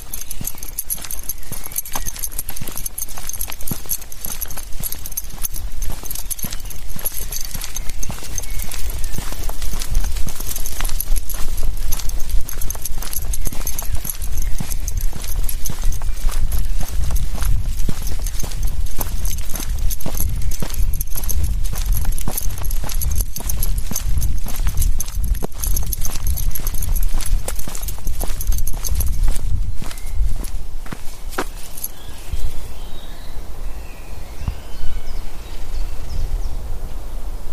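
A walk through the woods in the evening, carried by a steady run of crunching, crackling footsteps with a low rumble beneath and faint jangling. Thin, high whining tones hold steady until about 30 seconds. The steps thin out near 32 seconds, leaving quieter, softer rustling.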